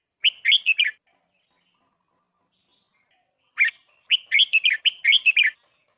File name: tieng chao mao thai lan hot giong kep